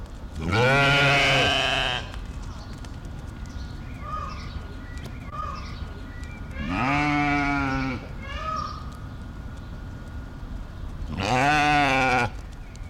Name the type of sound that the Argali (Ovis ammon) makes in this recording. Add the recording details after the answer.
call. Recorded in captivity. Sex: female. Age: adult. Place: Zoo Dresden, Sachsen, DE. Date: 1993-05-17. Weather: heiter, 22-26 °C. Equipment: Sony WM-D6C, Sennheiser ME 80, Kopie Uher Variocord 263. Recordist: Tembrock, Günter